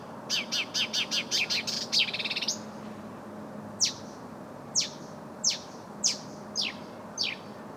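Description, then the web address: Bird calls: a fast series of high, buzzy repeated notes runs into a short trill, then well-spaced sharp descending chirps roughly every half second to second. "ptaki glosy"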